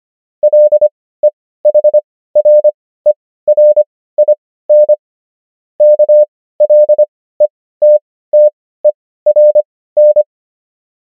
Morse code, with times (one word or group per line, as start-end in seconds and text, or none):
0.4-4.9 LEHRERIN
5.8-10.2 KLETTERN